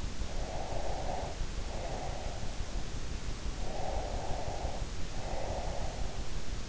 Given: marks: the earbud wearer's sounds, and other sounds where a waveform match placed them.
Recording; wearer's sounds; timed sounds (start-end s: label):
sounds in sleep by an in-ear microphone; breath
0.10-2.82 s: breath
3.84-6.30 s: breath